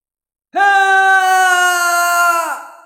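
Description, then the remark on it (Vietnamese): A man's single sustained, loud scream with a strong harmonic, strained tone, holding steady for about two seconds before trailing off, sounding anguished and wild, like a beast howling in grief. “hét dài một tiếng, tựa như giả thú gào thét trong bi thương.”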